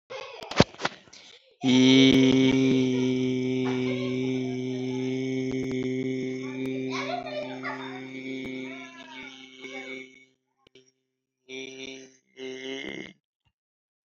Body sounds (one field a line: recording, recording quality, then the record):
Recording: sustained vowel as in beet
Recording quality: excellent, no background noise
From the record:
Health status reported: healthy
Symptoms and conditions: none ticked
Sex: male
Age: 38 years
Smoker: not ticked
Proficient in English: yes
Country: India